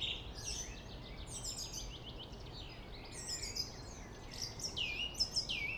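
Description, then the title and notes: Song thrush delivering scattered high squeaky and whistled notes, some sharp and thin, against a steady low city noise. Singing in Friedhof Columbiadamm (Neuer Garnisonsfriedhof) cemetery, Berlin, with distant city and traffic noise; recorded on a Sony PCM D50. "Friedhof Columbiadamm, Berlin - Song thrush. Friedhof Columbiadamm (Neuer Garnisonsfriedhof), Song thrush (Singdrossel) singing, distant city. traffic noise"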